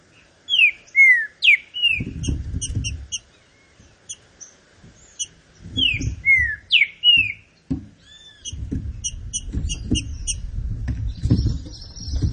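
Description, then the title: Green-winged saltator giving clear, falling whistled notes in two similar phrases, between them thin high ticking and bursts of low rumbling noise. Classic song style (canto clássico), presented as training material. "Canto Clássico Trinca Ferro TREINAMENTO"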